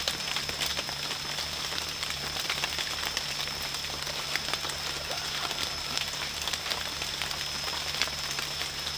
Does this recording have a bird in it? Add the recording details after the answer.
no. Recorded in secondary vegetation near Puerto Asís, Putumayo, Colombia, on 30 June 2025 at 16:00. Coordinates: 0.498, -76.327. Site GP09